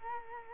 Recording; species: mosquito wingbeat signal from an infrared sensor; Culex quinquefasciatus